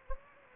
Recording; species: mosquito wingbeat signal from an infrared sensor; Anopheles gambiae